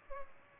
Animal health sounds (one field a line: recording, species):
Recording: mosquito wingbeat signal from an infrared sensor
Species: Culex pipiens